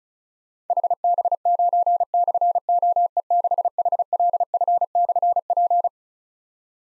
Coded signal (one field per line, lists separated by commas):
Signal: Morse code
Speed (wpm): 36 wpm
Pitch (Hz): 700 Hz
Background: none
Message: HB9/OE6HLF/P